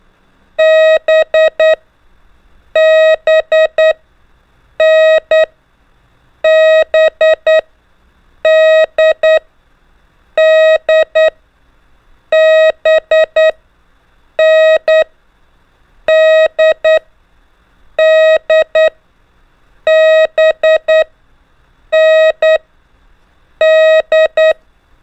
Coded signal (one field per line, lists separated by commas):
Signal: Morse code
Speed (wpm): 10 wpm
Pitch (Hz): 630 Hz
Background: none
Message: B B N B D D B N D D B N D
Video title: 4. ( N - D - B ) EASY TO LEARN MORSE CODE BY GROUPINGS W/ INCREASING SPEED 5 MINS A DAY